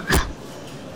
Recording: coughing mixed with background sound